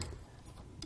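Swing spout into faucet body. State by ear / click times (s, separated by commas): seated / 0.8 s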